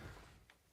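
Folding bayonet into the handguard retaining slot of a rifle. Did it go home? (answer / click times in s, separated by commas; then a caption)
partly / 0.5 s. The steel underfolding bayonet of a PSA "Spiker" rifle, a clone of the Chinese Type 56 AK, is folded back into the retaining slot under the handguard, giving one short, faint impact at 0.5 s over a low background. The bayonet does not snap fully into the slot and sits only partly seated.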